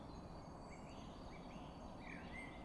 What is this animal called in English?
Great Tit